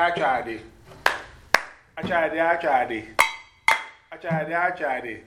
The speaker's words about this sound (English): Sometimes they start with a singing, or somebody will say, everybody clap your hands, but they will say something for you to do.